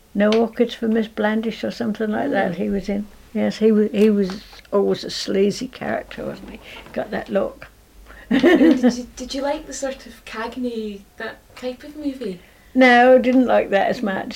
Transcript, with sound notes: No Orchids for Miss Blandish or something like that he was in. Yes, he was always a sleazy character wasn't he? Got that look. [laughs]
Did you like the sort of Cagney, That type of movie?
No, I didn't like that as much.